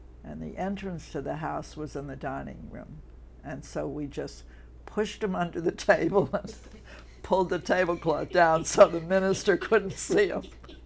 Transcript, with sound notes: And the entrance to the house was in the dining room. And so we just pushed him under the table and [chuckles] pulled the tablecloth down so the minister couldn't see him.